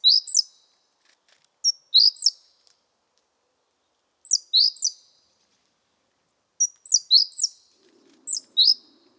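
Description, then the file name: Great tit calling in quick groups of two to four high falling notes, spaced a few seconds apart, with a soft low sound near the end. "Parus major"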